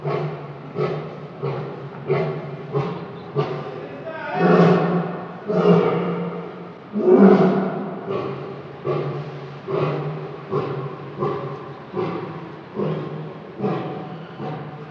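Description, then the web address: Lion giving a long run of short, throaty grunting roars, with a few louder, fuller roars in the middle. Captive lion in a zoo, mating. "SFXSource AOS Lion Mating Zoo Vintage"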